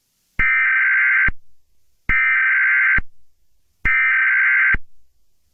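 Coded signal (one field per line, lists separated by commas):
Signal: Emergency Alert System (SAME) tones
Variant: header bursts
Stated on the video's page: Simulated mock alert, not a real broadcast.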